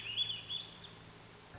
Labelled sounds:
Swainson's Thrush (Catharus ustulatus)
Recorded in Sonoma County, California

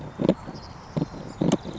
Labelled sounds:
Savannah Sparrow (Passerculus sandwichensis)
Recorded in Sonoma County, California

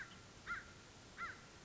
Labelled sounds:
American Crow (Corvus brachyrhynchos)
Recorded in Sonoma County, California

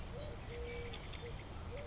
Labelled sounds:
Eurasian Collared Dove (Streptopelia decaocto)
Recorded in Sonoma County, California

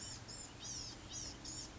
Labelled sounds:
Blue-gray Gnatcatcher (Polioptila caerulea)
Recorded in Sonoma County, California

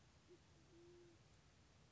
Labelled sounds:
Band-tailed Pigeon (Patagioenas fasciata)
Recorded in Sonoma County, California

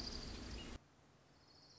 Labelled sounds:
Orange-crowned Warbler (Leiothlypis celata)
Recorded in Sonoma County, California

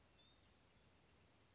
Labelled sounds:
Bewick's Wren (Thryomanes bewickii)
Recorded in Sonoma County, California

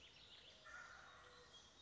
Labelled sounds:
Wild Turkey (Meleagris gallopavo)
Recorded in Sonoma County, California

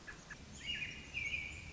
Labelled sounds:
American Robin (Turdus migratorius)
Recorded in Sonoma County, California

